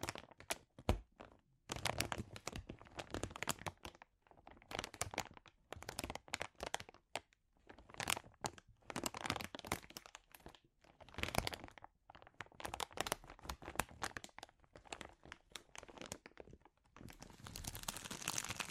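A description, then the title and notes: Crinkling plastic or foil, handled in irregular bursts of sharp, bright crackles. The rustling comes in clusters separated by brief silent gaps, with a busy stretch near the end and occasional crunchy, tearing-like moments. ASMR Sensitive Crinkles (No Talking).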